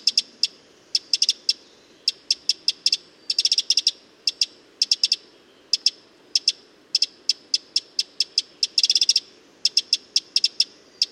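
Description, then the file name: Eurasian wren calling with hard, sharp ticking notes, given singly and in quick stuttering bursts throughout, over a soft steady background hiss. "Troglodytes troglodytes"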